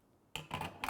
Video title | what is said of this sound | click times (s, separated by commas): OConnor Ultimate 2575D System Review | slides in, snap, lock into place. | 0.4 s